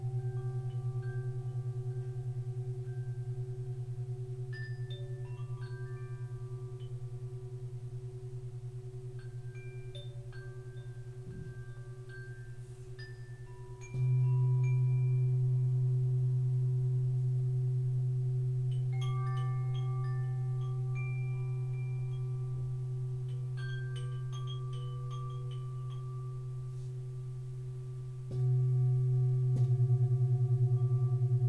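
Tibetan singing bowls ring in a steady, low drone with a few higher overtones held beneath it. Fresh strikes near 14 and 28 seconds swell the sound louder before it slowly fades, while brief, bright pinging tones flicker scattered throughout.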